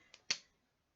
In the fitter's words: now as i say because they're alcohol-based you do have to make sure you i don't know if you heard that click